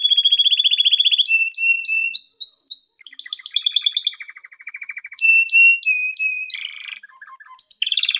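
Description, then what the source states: Canary song, loud and varied: rapid high trills, a run of clear whistled notes, lower rolling tours and brief chirps, changing phrase every second or so. Canary song meant for training canaries.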